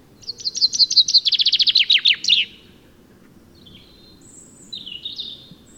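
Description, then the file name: Common chaffinch song: a quick series of sharp notes that speeds up and falls in pitch, ending in a brief flourish, followed by fainter high whistles. "Fringilla coelebs"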